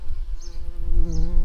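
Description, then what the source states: Garden bumblebee buzzing: a steady, droning hum with a clear harmonic tone that shifts slightly in pitch about two-thirds of the way through, over a low rumbling background. Worker garden bumblebees.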